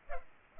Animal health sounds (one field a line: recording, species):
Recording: mosquito wingbeat signal from an infrared sensor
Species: Culex pipiens